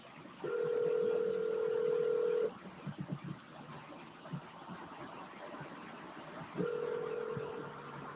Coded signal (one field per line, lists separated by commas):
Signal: telephone call progress tone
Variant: North America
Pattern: ringback tone